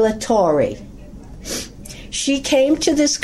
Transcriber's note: sniffs